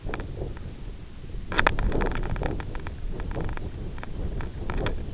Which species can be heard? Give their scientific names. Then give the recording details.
none. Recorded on Arctic tundra, site IGLO-F, on 24 June 2018. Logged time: 18:00